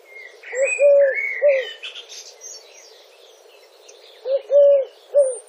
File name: Streptopelia decaocto